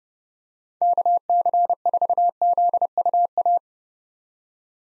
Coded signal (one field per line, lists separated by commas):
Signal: Morse code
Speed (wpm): 32 wpm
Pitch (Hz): 700 Hz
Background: none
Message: KC4ZUA